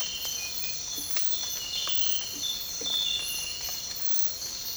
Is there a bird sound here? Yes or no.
no